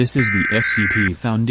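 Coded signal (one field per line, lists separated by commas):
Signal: Emergency Alert System (SAME) tones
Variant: header bursts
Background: speech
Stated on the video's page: Fake alert made in VHS tape style; all information is fictional.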